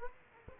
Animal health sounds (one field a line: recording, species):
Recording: mosquito wingbeat signal from an infrared sensor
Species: Aedes aegypti